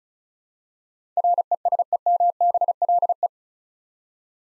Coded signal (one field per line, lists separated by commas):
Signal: Morse code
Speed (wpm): 36 wpm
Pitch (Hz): 700 Hz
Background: none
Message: RESEMBLE